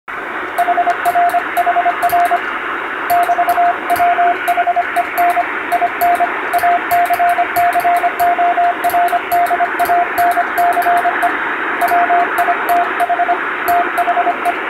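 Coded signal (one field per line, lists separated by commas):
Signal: Morse code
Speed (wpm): 25 wpm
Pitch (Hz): 700 Hz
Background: radio noise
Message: HRHR <BT>WHEN IN ACCORDANCE WITH THE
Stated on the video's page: Morse (CW) reception practice with the signal buried in shortwave noise, recorded on the amateur bands by a first-class radiotelegraph operator.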